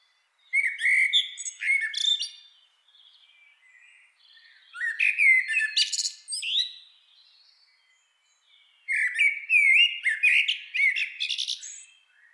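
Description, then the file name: Common blackbird song: three rich, fluting warbled phrases, each ending in a high squeaky twitter, separated by pauses of a couple of seconds. "Turdus merula"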